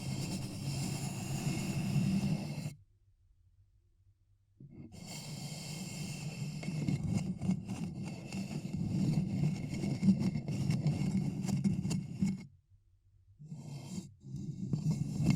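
Ear cupping sounds: a dense, muffled rumble with a low hollow whoosh, like cupped hands pressed over the ears. It stops abruptly into near silence at about three seconds, returns just before five, and cuts out again around twelve and a half seconds before resuming.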